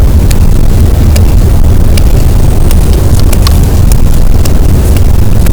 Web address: Physeter Macrocephalus boat SNR 24 d B cachalot positif